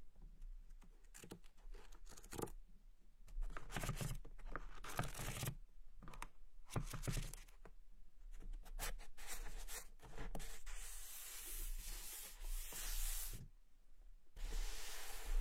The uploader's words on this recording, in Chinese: 翻书声。纸音。